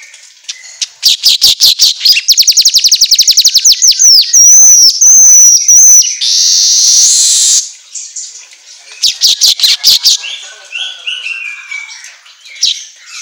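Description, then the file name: Asian golden weaver song: fast dry ticking trills, a harsh sizzling buzz, a further burst of ticks, then thin squeaky whistles. Continuously singing song style (auto gacor), used for training songbirds. "Suara Kicau Manyar Kepala Emas Auto Gacor"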